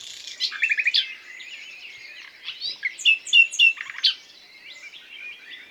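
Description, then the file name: Common nightingale song: a quick series of repeated chirps, a quieter stretch, then loud whistled notes repeated in a rhythmic run. "Luscinia megarhynchos"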